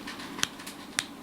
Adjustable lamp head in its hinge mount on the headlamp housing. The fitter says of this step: there I guess you can hear those clicks that's